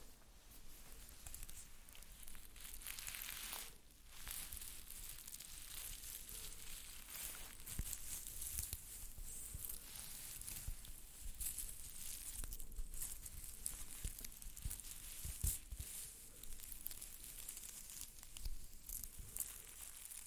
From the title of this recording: ASMR Doing Your Makeup , Pure Sounds , No Talking